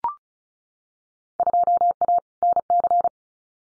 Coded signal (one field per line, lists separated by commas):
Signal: Morse code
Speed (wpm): 34 wpm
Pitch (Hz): 700 Hz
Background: none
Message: 2A NC